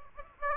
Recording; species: mosquito wingbeat signal from an infrared sensor; Aedes aegypti